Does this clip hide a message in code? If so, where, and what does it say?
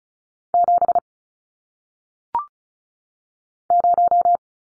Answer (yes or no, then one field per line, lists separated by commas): yes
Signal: Morse code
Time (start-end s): 0.5-4.4 s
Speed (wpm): 36 wpm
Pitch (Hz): 700 Hz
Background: none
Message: 7 0